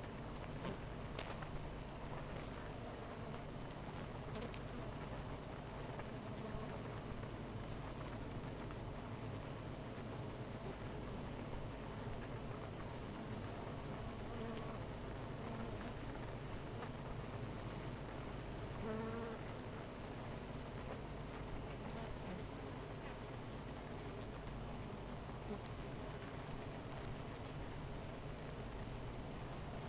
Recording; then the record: honeybee colony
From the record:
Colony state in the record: missing queen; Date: 14 July 2017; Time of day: 10:14